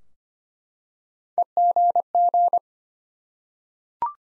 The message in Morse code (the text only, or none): EGG